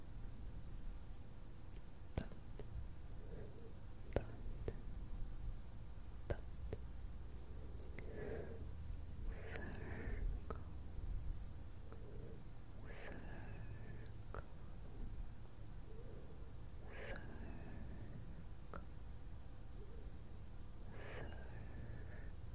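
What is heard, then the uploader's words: Soft mouth sounds: wet clicks, pops and small smacks arrive every second or two, with a few brief breathy, whisper-like bursts around the middle and near the end. A low steady hum and faint hiss sit underneath. FOLLOW THE LIGHT ASMR, FOCUS, TRACING, ASMR LIGHT TRIGGERS, ASMR SLEEP, ASMR MOUTH SOUNDS.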